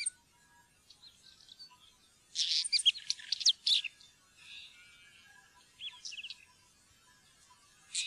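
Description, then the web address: Northern wheatear song in short scratchy, crackling bursts of high chirps and rattles, with quiet pauses between phrases. "fuglelyder steinskvett"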